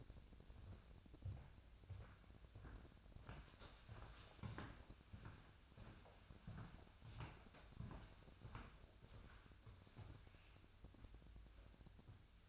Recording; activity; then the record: daily activity, microphone in the room; walk to room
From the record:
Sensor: 2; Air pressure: 999.8 hPa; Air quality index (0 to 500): 123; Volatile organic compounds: 2 ppm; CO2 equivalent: 1064 ppm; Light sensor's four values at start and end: 34/82/37/41 and 34/80/36/40